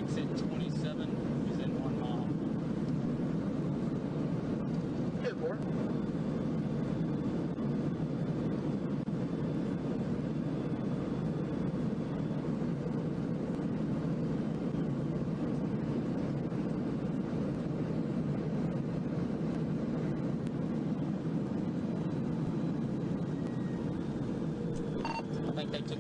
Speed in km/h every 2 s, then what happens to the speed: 241, 241, 241, 241, 240, 240, 241, 243, 243, 241, 233, 201, 177.
0-19 steady at about 241. 19-26 brakes to 177.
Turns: none.